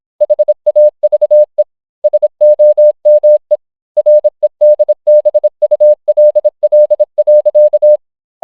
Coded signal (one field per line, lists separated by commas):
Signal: Morse code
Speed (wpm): 26 wpm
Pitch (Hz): 600 Hz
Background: none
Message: HAVE SOME REDBULL.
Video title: Family Guy in Morse Code 😂 #shorts #familyguy #memes #viral